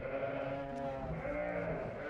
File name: Sheep Lamb